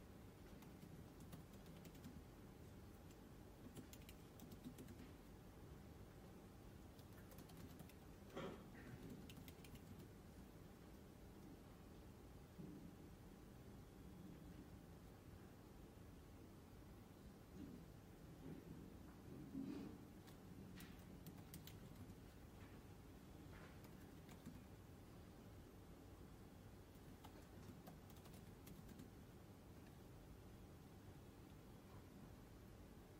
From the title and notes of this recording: Glasgow library. (university of glasgow).